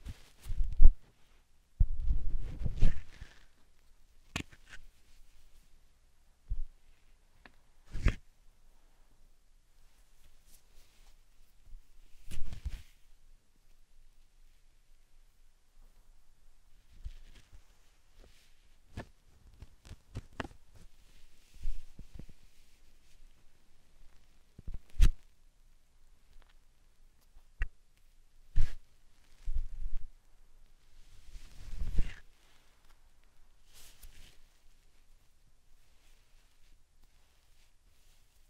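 Slime sand being squished and pressed in short, separate bursts, each a soft, wet crackle with a low thud underneath. The handling comes irregularly, busier in the first few seconds and again near 20 and 32 seconds, with near-silent pauses between.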